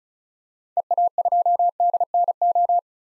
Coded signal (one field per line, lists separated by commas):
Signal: Morse code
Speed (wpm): 36 wpm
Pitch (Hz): 700 Hz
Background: none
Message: EA2DNO